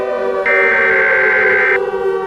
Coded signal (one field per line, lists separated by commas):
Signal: Emergency Alert System (SAME) tones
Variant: header bursts